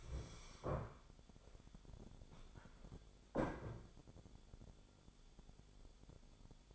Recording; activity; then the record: daily activity, microphone in the room; stand up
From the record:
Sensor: 5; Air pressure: 1015.3 hPa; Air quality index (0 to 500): 187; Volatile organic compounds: 7 ppm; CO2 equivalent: 2034 ppm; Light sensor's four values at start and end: 35/81/32/31 and 35/80/32/31